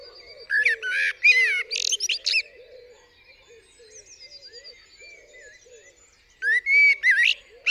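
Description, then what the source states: Common blackbird song: two rich warbled phrases separated by a pause of about four seconds. Singing on a studio roof in the UK, 8 April 2020 around 7am, still morning during Covid-19 lockdown; recorded with a parabolic dish and mid-side microphone pair.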